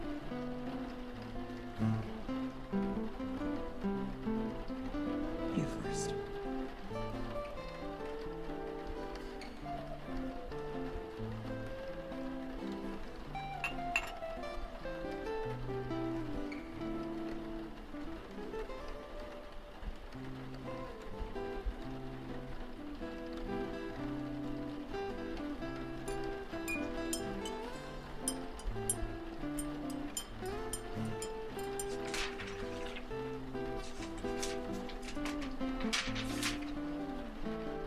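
Cafe sounds with jazz music playing throughout, a steady low bass line and piano-like chords shifting every second or so. Soft rain-like hiss sits underneath. Bright clinks of cups and small clatters break through now and then, clustering more toward the end.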